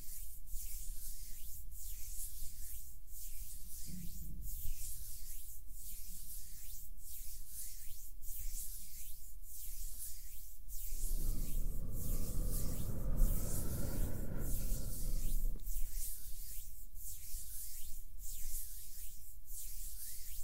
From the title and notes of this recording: ASMR HAND SOUNDS + SOFT HAND MOVEMENS TO HYPNOTIZE YOU with mic blowing.